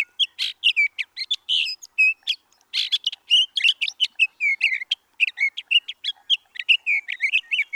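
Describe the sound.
Sage thrasher singing a fast, continuous jumble of warbled phrases, sharp chips and slurred whistles, with only brief gaps between bursts.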